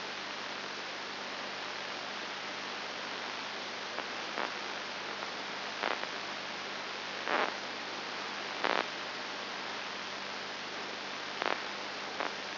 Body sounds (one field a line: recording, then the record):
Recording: brain microelectrode recording played as sound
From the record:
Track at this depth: outside the subthalamic nucleus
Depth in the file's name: 6.5 mm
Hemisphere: left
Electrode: 2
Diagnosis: Parkinson's disease